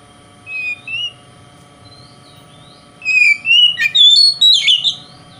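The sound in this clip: Oriental magpie-robin: two soft whistles, a pause, then a loud tumbling phrase of slurred whistles and rasping notes.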